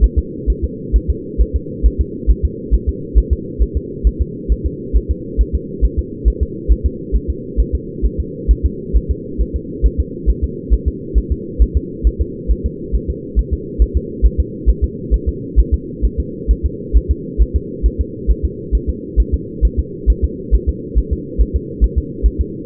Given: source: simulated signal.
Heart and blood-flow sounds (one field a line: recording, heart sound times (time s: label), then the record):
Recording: fetal heart sounds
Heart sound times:
0.04 s: S1
0.18 s: S2
0.50 s: S1
0.64 s: S2
0.96 s: S1
1.10 s: S2
1.41 s: S1
1.56 s: S2
1.86 s: S1
2.01 s: S2
2.31 s: S1
2.45 s: S2
2.74 s: S1
2.89 s: S2
3.18 s: S1
3.33 s: S2
3.62 s: S1
3.77 s: S2
4.07 s: S1
4.21 s: S2
4.52 s: S1
4.66 s: S2
4.96 s: S1
5.11 s: S2
5.41 s: S1
5.55 s: S2
5.85 s: S1
5.99 s: S2
6.28 s: S1
6.42 s: S2
6.72 s: S1
6.86 s: S2
7.16 s: S1
7.30 s: S2
7.60 s: S1
7.75 s: S2
8.05 s: S1
8.20 s: S2
8.51 s: S1
8.65 s: S2
8.96 s: S1
9.11 s: S2
9.41 s: S1
9.56 s: S2
9.86 s: S1
10.00 s: S2
10.30 s: S1
10.44 s: S2
10.73 s: S1
10.88 s: S2
11.18 s: S1
11.32 s: S2
11.62 s: S1
11.77 s: S2
12.07 s: S1
12.21 s: S2
12.51 s: S1
12.66 s: S2
12.95 s: S1
13.10 s: S2
13.39 s: S1
13.53 s: S2
13.82 s: S1
13.97 s: S2
14.26 s: S1
14.40 s: S2
14.69 s: S1
14.84 s: S2
15.14 s: S1
15.29 s: S2
15.59 s: S1
15.74 s: S2
16.05 s: S1
16.20 s: S2
16.51 s: S1
16.66 s: S2
16.97 s: S1
17.11 s: S2
17.42 s: S1
17.56 s: S2
17.86 s: S1
18.01 s: S2
18.30 s: S1
18.45 s: S2
18.75 s: S1
18.89 s: S2
19.20 s: S1
19.34 s: S2
19.65 s: S1
19.79 s: S2
20.10 s: S1
20.24 s: S2
20.55 s: S1
20.69 s: S2
20.98 s: S1
21.13 s: S2
21.41 s: S1
21.56 s: S2
21.84 s: S1
21.98 s: S2
22.26 s: S1
22.41 s: S2
From the record:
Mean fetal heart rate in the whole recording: 135 bpm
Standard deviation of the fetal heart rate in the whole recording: 3 bpm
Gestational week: 34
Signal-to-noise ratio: -4.1 dB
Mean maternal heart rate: no maternal heart sound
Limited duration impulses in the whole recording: absent